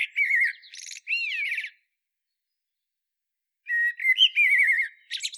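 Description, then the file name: Common blackbird song in two mellow warbled phrases, each closing with a thin high squeaky flourish, separated by a long silent pause. "Turdus merula"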